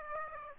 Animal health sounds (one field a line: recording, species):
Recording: mosquito wingbeat signal from an infrared sensor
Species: Aedes aegypti